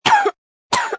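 Two short, acted coughs from an adult, in quick succession.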